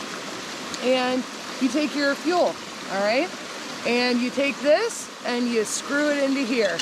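A gas fuel canister is screwed by hand into a backpacking stove burner while someone talks over a steady broadband rushing background. Nothing has seated or popped yet; the clip ends before the canister goes home.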